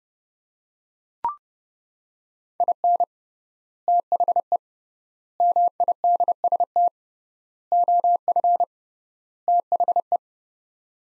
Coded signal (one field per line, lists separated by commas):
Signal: Morse code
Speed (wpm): 30 wpm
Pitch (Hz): 700 Hz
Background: none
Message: IN THE MIDST OF THE